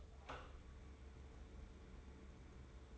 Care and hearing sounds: daily activity, microphone in the room; open door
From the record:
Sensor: 3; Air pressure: 1015.2 hPa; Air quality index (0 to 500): 130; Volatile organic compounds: 5 ppm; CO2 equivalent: 1828 ppm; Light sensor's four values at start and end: 16/40/16/17 and 16/40/16/17

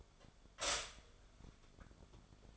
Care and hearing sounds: daily activity, microphone in the room; stop toaster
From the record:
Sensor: 5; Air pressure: 1014.8 hPa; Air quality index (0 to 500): 205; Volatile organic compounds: 9 ppm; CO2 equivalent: 2185 ppm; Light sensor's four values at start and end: 14/33/13/12 and 14/33/13/12

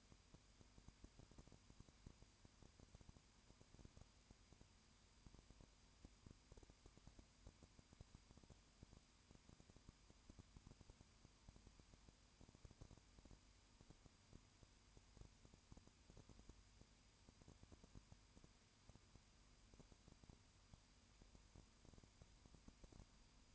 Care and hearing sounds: daily activity, microphone in the room; no activity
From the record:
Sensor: 2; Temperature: 20.8 degrees Celsius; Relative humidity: 38.3%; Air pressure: 1010.4 hPa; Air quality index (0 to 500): 200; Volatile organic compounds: 19 ppm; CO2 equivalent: 2646 ppm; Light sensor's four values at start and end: 2/3/2/2 and 2/3/2/2

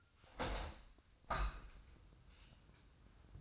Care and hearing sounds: daily activity, microphone in the room; open window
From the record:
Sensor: 2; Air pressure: 1004.6 hPa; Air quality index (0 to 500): 106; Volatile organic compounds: 2 ppm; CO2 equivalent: 1274 ppm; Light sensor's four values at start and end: 6/14/5/5 and 6/14/6/6

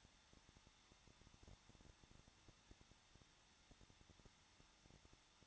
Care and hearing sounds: daily activity, microphone in the room; no activity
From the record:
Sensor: 3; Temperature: 21.2 degrees Celsius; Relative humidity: 36.4%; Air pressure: 1006.4 hPa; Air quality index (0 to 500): 223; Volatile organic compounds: 44 ppm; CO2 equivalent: 3206 ppm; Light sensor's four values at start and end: 2/3/2/2 and 2/3/2/2

